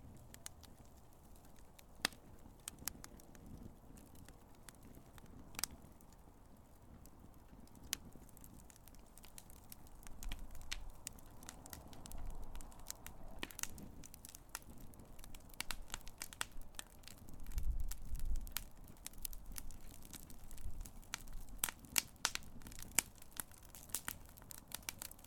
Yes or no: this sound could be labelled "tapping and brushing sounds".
no